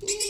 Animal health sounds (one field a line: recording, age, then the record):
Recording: pig call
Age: weaner (32 to 43 days)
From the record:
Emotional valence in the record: negative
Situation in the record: short isolation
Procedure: open field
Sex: female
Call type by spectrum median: high-frequency call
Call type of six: high-frequency stable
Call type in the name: high-frequency stable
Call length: 0.29 s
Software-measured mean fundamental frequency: 417 Hz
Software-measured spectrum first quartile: 1350 Hz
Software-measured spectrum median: 4934 Hz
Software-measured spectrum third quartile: 7229 Hz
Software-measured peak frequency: 407 Hz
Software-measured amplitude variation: 169 dB a second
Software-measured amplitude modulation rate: 11.9 a second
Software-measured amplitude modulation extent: 14.2 dB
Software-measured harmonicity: 5.0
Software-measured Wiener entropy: -2.73